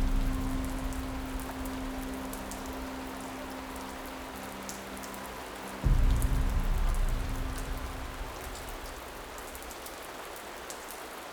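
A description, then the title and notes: In Samadhi Cave, Tibet, steady rain-like dripping and patter runs under a low hum, with a brief deep rumble near six seconds. Body & Mind Relaxation in Samadhi Cave, Tibet.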